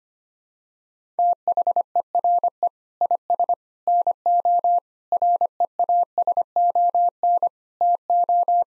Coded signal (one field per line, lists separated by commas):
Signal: Morse code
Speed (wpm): 25 wpm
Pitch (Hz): 700 Hz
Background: none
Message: THERE IS NO REASON TO